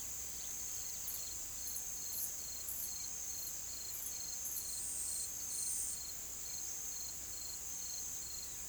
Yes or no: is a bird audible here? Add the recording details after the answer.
no. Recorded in pastures near Puerto Asís, Putumayo, Colombia, on 25 June 2025 at 17:30. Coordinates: 0.487, -76.322. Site H26